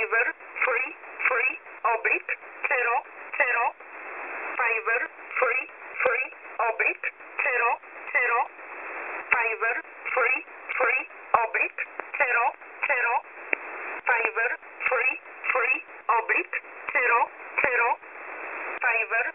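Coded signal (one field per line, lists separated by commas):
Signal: numbers station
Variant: E11 Oblique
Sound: a voice reading short, evenly spaced words over a band-limited radio channel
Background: radio static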